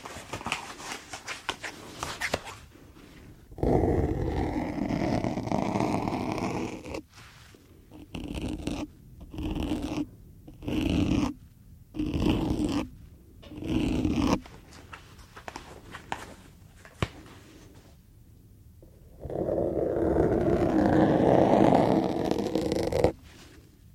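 Rubber and latex gloves are rubbed and stretched in bursts: a long rustle near five seconds, then a run of short squeaky strokes every second or so, and another long rubbing stretch near twenty seconds. Between strokes there are brief quiet gaps with faint crinkles.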